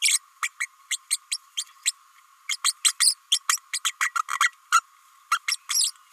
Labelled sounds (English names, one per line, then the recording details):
Green-rumped Parrotlet babbling
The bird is a female
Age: 29 days
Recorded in a nest box in Venezuela
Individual 17B32A5